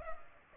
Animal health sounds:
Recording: mosquito wingbeat signal from an infrared sensor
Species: Culex pipiens

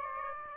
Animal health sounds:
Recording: mosquito wingbeat signal from an infrared sensor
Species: Aedes aegypti

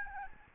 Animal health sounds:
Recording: mosquito wingbeat signal from an infrared sensor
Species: Aedes albopictus

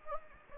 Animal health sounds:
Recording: mosquito wingbeat signal from an infrared sensor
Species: Anopheles gambiae

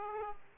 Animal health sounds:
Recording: mosquito wingbeat signal from an infrared sensor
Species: Aedes aegypti

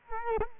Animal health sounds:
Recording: mosquito wingbeat signal from an infrared sensor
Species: Culex quinquefasciatus

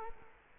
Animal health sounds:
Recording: mosquito wingbeat signal from an infrared sensor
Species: Culex quinquefasciatus

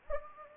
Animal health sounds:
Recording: mosquito wingbeat signal from an infrared sensor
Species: Anopheles gambiae

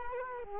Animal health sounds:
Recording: mosquito wingbeat signal from an infrared sensor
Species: Culex quinquefasciatus

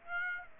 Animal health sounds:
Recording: mosquito wingbeat signal from an infrared sensor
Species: Aedes aegypti

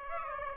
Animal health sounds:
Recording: mosquito wingbeat signal from an infrared sensor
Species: Aedes aegypti

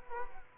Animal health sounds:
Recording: mosquito wingbeat signal from an infrared sensor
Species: Culex quinquefasciatus

